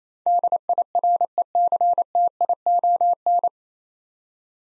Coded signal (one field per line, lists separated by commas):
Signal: Morse code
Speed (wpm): 28 wpm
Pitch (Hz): 700 Hz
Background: none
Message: DIRECTION